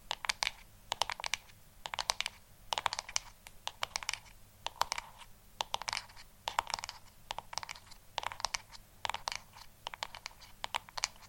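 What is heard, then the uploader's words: Quick, crisp tapping on a hard surface, with clicks arriving in uneven bursts and short pauses, much like fingers rattling across keys. The taps are bright with little low end, with a faint steady hum beneath. ASMR Tapping For Sleep & Relaxation.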